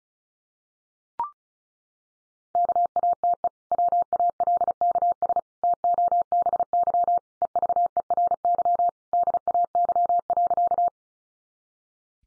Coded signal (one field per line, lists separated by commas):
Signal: Morse code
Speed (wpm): 34 wpm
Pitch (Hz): 700 Hz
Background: none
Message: KATE WALKS TOBY EVERY DAY.